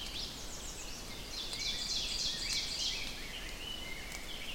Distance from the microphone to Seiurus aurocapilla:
about 55 m